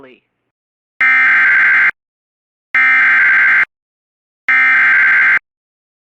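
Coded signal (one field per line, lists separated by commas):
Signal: Emergency Alert System (SAME) tones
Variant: header bursts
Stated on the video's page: Severe weather EAS alert tones received from a radio station.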